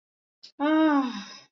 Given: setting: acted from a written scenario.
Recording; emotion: vocal sound without words; contentment